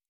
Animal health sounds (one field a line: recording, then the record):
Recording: hydrophone in a shrimp aquaculture tank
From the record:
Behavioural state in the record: normal